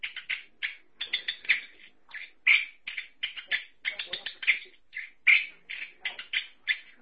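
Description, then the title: Thrush delivering quick, insistent chirping notes in clusters, a steady stream of sharp calls with short gaps. "burung anis x"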